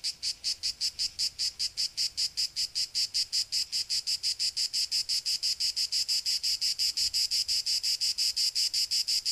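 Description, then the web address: Cicada song as a sizzling high buzz beating in rapid regular pulses, continuous throughout. "cicadas euroblues"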